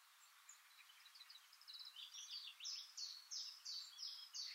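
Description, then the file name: Eurasian blackcap song: a soft, subdued twittering opening that breaks into louder, clear fluty phrases repeated about three times a second. "Sylvia atricapilla"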